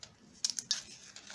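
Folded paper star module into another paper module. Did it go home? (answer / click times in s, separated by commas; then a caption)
yes / 0.4 s. Two folded tracing-paper Bascetta origami modules for a Bascetta XL star with narrow tips are pushed into one another. A crisp, papery snap at 0.5 s is followed by a few quick crinkly ticks through about 0.7 s, with a faint rustle after. The module seats firmly into the other.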